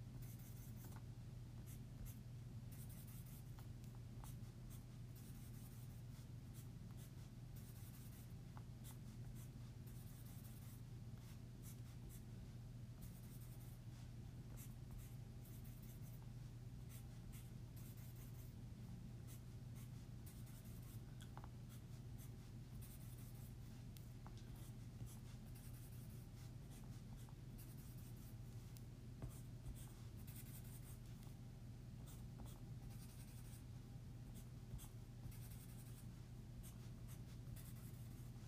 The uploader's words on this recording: Writing Sounds. Here’s a variety of the different sounds writing makes. Includes sentence writing, certain words, lines, & circles.